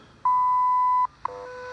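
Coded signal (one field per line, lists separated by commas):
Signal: radio time signal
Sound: a long steady beep of nearly a second, a click, then a chord of steady tones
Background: radio static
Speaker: I'm actually getting WWV H right now 15 megahertz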